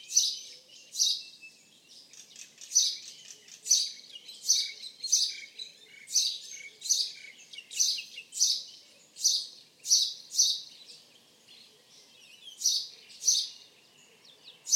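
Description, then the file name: House sparrow chirps: short, high, bright chirps repeated roughly every half second to second in loose runs, with a brief pause near twelve seconds; otherwise quiet. "Passer domesticus"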